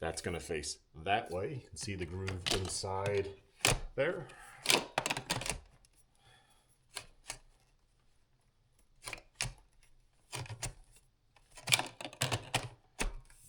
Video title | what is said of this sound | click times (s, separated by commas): Shark Navigator Lift-Away Upright Vacuum with PowerFins HairPro -Assembly and First Test | Didn't catch. | none